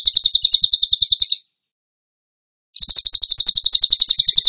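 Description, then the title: Bird song: rapid run of sharp, evenly pulsed high chirps, stopping for over a second before another fast burst begins. Masteran training recording for songbirds, tembakan gacor song style. "Masteran Burung Tembakan Gacor"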